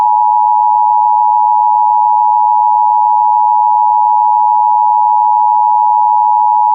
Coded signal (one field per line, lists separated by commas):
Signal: Emergency Alert System (SAME) tones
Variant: 853 and 960 Hz attention tone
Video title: [EAS] Severe Thunderstorm Warning for Hubbard County (9/12/25)